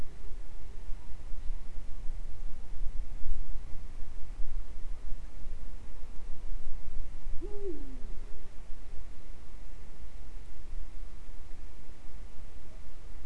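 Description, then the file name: Eurasian eagle-owl producing a lone, deep hooting note that lifts, then drops, partway through a long stretch of steady background rumble. Recorded in Øygarden, Vestland, Norway, in 2020. "hubro oygarden 2020"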